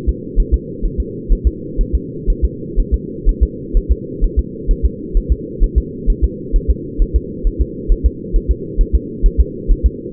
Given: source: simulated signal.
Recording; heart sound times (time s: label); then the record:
fetal heart sounds
0.09 s: S2
0.40 s: S1
0.54 s: S2
0.85 s: S1
1.00 s: S2
1.32 s: S1
1.47 s: S2
1.81 s: S1
1.95 s: S2
2.30 s: S1
2.45 s: S2
2.80 s: S1
2.94 s: S2
3.29 s: S1
3.43 s: S2
3.77 s: S1
3.91 s: S2
4.24 s: S1
4.39 s: S2
4.71 s: S1
4.85 s: S2
5.17 s: S1
5.32 s: S2
5.63 s: S1
5.78 s: S2
6.10 s: S1
6.24 s: S2
6.56 s: S1
6.70 s: S2
7.02 s: S1
7.16 s: S2
7.47 s: S1
7.62 s: S2
7.92 s: S1
8.06 s: S2
8.36 s: S1
8.51 s: S2
8.81 s: S1
8.95 s: S2
9.26 s: S1
9.40 s: S2
9.72 s: S1
9.86 s: S2
From the record:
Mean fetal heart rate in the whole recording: 130 bpm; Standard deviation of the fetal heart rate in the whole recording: 4 bpm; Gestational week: 38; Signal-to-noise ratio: -4.1 dB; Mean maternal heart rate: no maternal heart sound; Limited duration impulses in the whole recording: absent